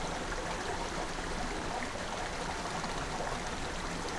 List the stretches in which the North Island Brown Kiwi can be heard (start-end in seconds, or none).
none